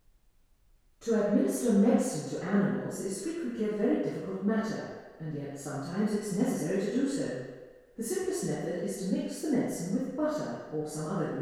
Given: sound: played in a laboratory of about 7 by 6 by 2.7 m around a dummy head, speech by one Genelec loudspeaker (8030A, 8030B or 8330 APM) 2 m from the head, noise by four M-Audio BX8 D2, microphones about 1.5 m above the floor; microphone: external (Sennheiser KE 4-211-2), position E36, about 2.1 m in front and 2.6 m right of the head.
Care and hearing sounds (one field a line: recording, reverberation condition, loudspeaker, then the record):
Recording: female speech in English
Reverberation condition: high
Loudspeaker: 60 degrees to the right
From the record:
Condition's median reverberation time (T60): about 1300 ms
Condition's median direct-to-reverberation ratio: about -4.0 dB